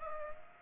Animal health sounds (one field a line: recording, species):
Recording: mosquito wingbeat signal from an infrared sensor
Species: Culex pipiens